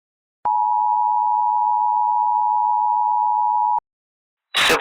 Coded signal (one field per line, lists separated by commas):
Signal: Emergency Alert System (SAME) tones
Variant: 853 and 960 Hz attention tone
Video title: EAS Scenario - The Watch Part 3